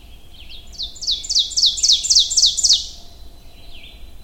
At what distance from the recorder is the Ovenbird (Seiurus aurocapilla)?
about 5 m